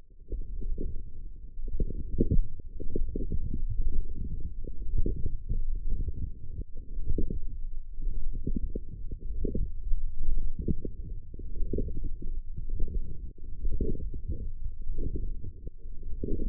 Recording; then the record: forearm muscle sounds (acoustic myography)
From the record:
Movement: forearm pronation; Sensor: system 1, eight BSWA MPA416 microphones around the upper forearm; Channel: 6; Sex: male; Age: 20 years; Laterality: left